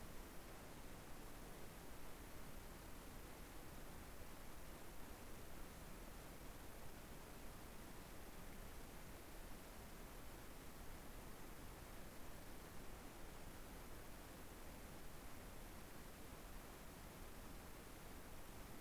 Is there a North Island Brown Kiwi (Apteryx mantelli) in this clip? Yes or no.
no